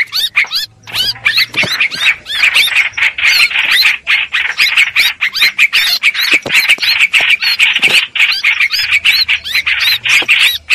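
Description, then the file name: Streak-eared bulbul distress calls, dense harsh squawking chatter with curled whistled notes, nearly continuous. Distress call used to call the flock together. "Tieng chim trao trao keu cuu goi bay"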